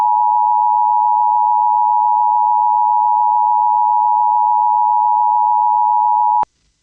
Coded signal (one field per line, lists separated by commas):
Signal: Emergency Alert System (SAME) tones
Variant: 853 and 960 Hz attention tone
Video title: EAS #763 Severe Thunderstorm Warning